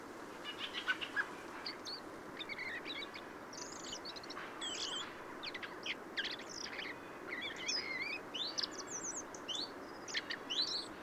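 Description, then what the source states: Bird subsong: a rambling, quiet stream of short chirps, twitters and thin whistled notes in irregular bursts over a steady background hiss. Subsong from a bird in its first winter.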